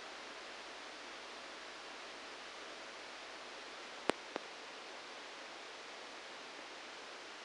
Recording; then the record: brain microelectrode recording played as sound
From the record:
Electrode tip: outside the subthalamic nucleus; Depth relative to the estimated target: -2 mm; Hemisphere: right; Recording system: NeuroSet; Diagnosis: Parkinson's disease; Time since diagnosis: 9 years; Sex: male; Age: 56 years